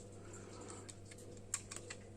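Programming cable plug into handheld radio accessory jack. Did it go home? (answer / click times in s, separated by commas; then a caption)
yes / 1.5 s. A two-pin Baofeng programming cable plug is pushed into the accessory socket of a Quansheng UV-K5 handheld radio, with its internal plate removed to make the radio compatible with the Baofeng cable. Against a steady low hum, the plug seats with a sharp click at 1.5 s, followed by a few smaller clicks. The plug engages fully and is seated.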